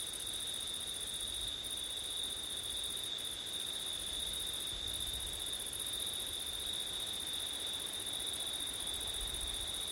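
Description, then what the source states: Crickets trilling continuously on one high pitch, a higher chorus briefly dropping out a few times, over a low rush of wind. Crickets recorded on a September night with wind.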